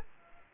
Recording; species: mosquito wingbeat signal from an infrared sensor; Culex quinquefasciatus